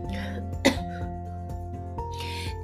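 One sharp cough from an adult woman, then a softer breathy exhalation, over a steady background hum. She has had a persistent low-grade fever, and once the cough starts it won't stop.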